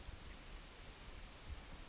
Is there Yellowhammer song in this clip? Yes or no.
no